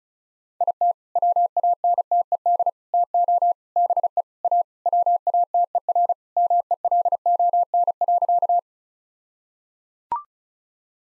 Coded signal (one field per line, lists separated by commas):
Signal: Morse code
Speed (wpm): 34 wpm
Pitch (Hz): 700 Hz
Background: none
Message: IT WANTED TO BE A WATERMELON.